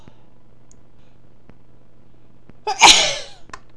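An adult woman sneezes once: a sudden, sharp, breathy burst.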